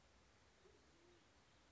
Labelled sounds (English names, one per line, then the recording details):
Band-tailed Pigeon
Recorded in Sonoma County, California